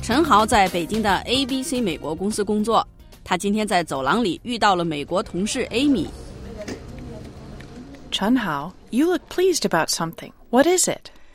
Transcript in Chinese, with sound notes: 陈豪在北京的 ABC 美国公司工作。他今天在走廊里遇到了美国同事 Amy。
(Office ambience) Chen Hao, you look pleased about something. What is it?